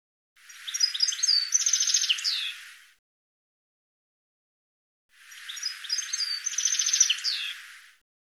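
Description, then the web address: Bird song in two bursts of rapid chirps and twitters, each lasting under three seconds, with buzzy trills and sharp downslurred notes. "cianscape birddata"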